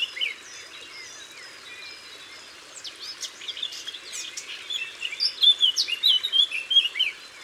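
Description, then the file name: Eurasian blackcap song: a quiet scratchy warble that builds into a louder burst of clear, rapid whistled notes near the end, with other birds chirping behind. Recorded in Isère, France. "Fauvette-a-tete-noire-Concerts-naturels-de-l Isere-Studio-Les-Trois-Becs"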